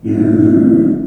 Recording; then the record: squeal of a Yucatan mini pig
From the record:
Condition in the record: after surgery on the right vocal fold (resection and tissue-engineered implant); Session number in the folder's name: 4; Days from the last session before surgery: 26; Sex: female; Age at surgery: 19 weeks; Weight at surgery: 25 kg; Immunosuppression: prednisolone